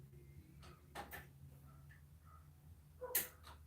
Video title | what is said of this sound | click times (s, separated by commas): Putting the S70 Together After The RMS Replacement | snap in place | 3.2 s